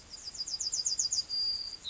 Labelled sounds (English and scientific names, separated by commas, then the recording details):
Yellowhammer (Emberiza citrinella) song
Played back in grassland
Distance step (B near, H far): E
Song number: 113